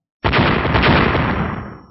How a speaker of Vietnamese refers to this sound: Hai tiếng nổ gần như đồng thời vang lên. Theo tiếng nổ, hai phần thân của thần đăng vỡ nát, hai con hỏa lông màu đỏ từ thân đèn thò ra cũng bắt đầu sụp đổ.